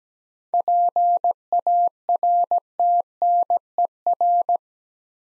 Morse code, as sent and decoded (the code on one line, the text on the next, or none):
.--. .- .-. - -. . .-.
PARTNER